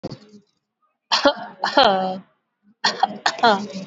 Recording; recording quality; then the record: heavy voluntary cough; excellent, no background noise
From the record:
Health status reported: COVID-19 positive, no symptoms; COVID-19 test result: positive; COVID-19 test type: RT-PCR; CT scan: not taken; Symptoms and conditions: cold, sore throat, fatigue, loss of smell and taste, diarrhoea, another condition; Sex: female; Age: 37 years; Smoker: no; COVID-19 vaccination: one dose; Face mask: worn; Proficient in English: yes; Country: India